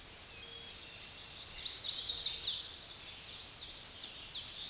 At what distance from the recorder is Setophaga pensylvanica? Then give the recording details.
about 30 m. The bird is about level with the microphone. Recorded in a Pennsylvania forest on 16 May 2024 at 06:29. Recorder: AudioMoth, point MSD-2443. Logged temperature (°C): 16.4 °C. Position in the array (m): 167 m, 220 m